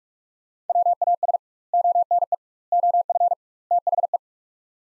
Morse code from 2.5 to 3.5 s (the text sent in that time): OF